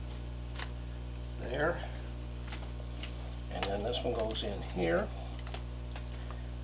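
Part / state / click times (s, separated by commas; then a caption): laser-cut interior piece into a scale model building / seated / 6.3 s. A laser-cut interior piece for a scale model restaurant is pushed into its slot in the building while someone talks, with a few light ticks and taps around it. It snaps in place at 6.3 s and is seated.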